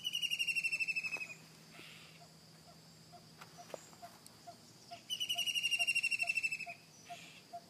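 White-throated kingfisher giving two loud, fast rattling trills that fall slightly in pitch, each over a second long, over steady soft ticking and faint background hiss.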